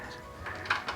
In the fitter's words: and I snap that bobbin right into place. You do need to hear it click.